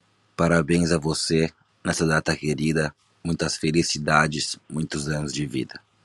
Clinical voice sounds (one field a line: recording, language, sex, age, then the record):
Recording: short text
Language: Brazilian Portuguese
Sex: male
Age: 20 to 29 years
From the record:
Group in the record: control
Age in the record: 29 years